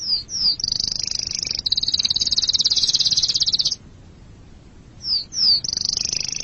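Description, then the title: Canary song of fast, high rattling trills lasting several seconds, a short silence, then two quick slurred notes and the trill resumes. "BM Suara Kenari"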